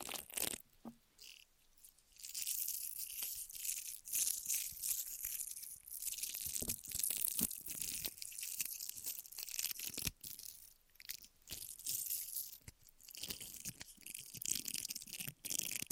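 Ear massage and cleaning sounds: steady, dense scratching and brushing rubs, mostly bright and hissy, with frequent short crackly strokes and occasional sharper taps. The rubbing runs almost continuously, dipping briefly into near-quiet gaps around two, ten and twelve seconds.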